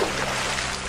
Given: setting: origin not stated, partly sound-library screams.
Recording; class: one-second piece from a danger detection set; normal situation